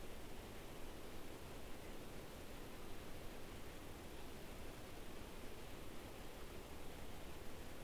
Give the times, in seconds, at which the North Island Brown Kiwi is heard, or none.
none